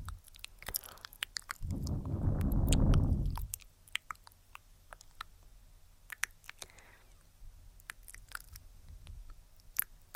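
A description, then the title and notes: Mouth sounds with scattered sharp clicks and crunchy snaps throughout, and a low rumbling rub swelling between about two and four seconds. ASMR Tingly Tascam Mouth Sounds & Face Touching (Hand Movements, Personal Attention).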